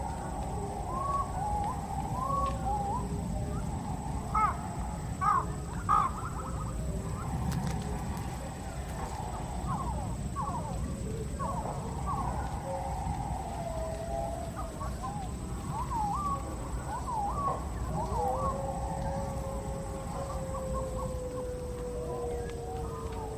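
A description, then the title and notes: A night forest with a thin, steady insect whine high above a constant low rumble. Short chirping calls repeat throughout, busiest in the first half, and near the end a long, slowly falling owl-like call drifts in. One Hour of Haunted Forest Sounds Late At Night. Be taken in by the late night forest sounds with owls and insects filling the night.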